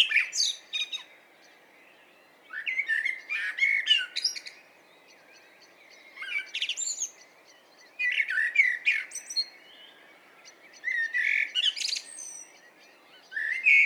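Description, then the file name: Common blackbird song of repeated phrases, each beginning as a rich warble and ending in squeaky high notes, with pauses between phrases. "Turdus merula"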